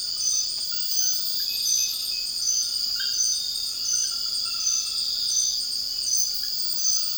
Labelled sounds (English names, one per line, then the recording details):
none
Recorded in dense forest near Puerto Asís, Putumayo, Colombia, on 18 February 2024 at 02:30
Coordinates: 0.481, -76.318
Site G6421